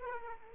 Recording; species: mosquito wingbeat signal from an infrared sensor; Aedes aegypti